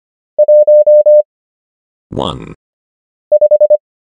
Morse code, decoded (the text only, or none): 1 5